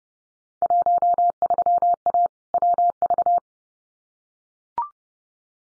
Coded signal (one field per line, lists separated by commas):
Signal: Morse code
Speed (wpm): 30 wpm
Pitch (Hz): 700 Hz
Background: none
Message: 13A WV